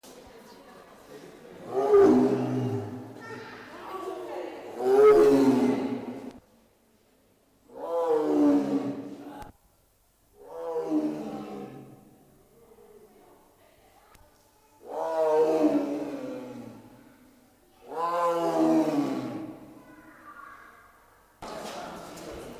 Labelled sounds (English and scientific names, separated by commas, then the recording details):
Tiger (Panthera tigris) call
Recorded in captivity
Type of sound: call
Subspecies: altaica
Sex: male
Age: subadult
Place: Zoo Berlin, Berlin, DE
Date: 1997-10-18 14:11
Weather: sunny, 12-15°C
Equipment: Nagra SN, Kopie Uher 4000 Report Monitor
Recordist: Tembrock, Günter
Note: Sibirischer Tiger (P.t.altaica): Männchen (wohl Nachwuchs-Männchen), Langlaute